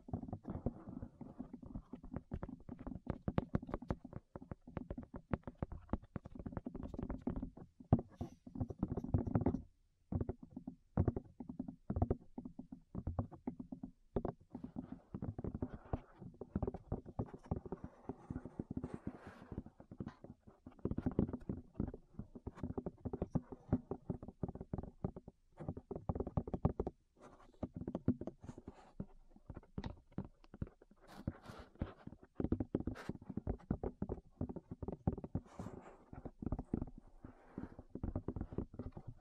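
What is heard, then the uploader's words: Ear tapping, muffled: a dense, irregular patter of soft thumps and light clicks, mostly low and padded with occasional brighter taps. The tapping runs almost nonstop for the whole clip, breaking off briefly near ten seconds and again around twenty-seven. ASMR Tap Your Ears 3Dio (No Talking).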